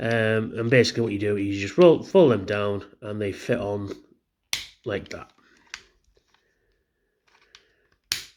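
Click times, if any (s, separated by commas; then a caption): 8.1 s. Someone talks while the plastic parts of a Transformers action figure are rolled and folded down onto a post on the figure, which gets them out of the way. After a few small handling taps, the parts snap into place with a sharp, satisfying click at 8.1 s, fully seated.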